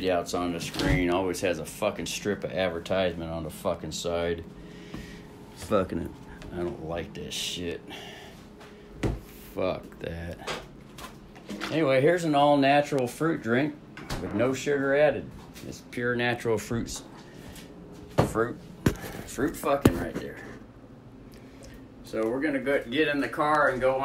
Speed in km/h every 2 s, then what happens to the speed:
1, 1, 1, 1, 1, 1, 3, 4, 4, 4, 4, 1.
0-10 standing. 10-21 steady at about 4. 21-24 standing.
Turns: none.